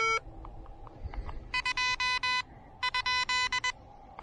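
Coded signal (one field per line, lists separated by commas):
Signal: Morse code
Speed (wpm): 20 wpm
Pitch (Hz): 2000 Hz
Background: none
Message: 2 ?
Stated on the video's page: Pedestrian mobile POTA park activation with the Elecraft KH1, QRP.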